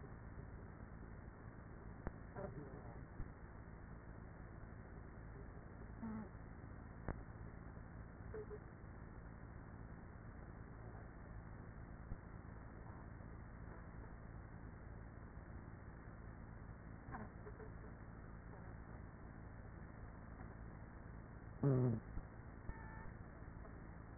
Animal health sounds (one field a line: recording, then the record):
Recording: honeybee colony, microphone inside the hive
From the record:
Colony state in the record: queenless with a low population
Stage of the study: after two queens were removed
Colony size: about 30,000 bees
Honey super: no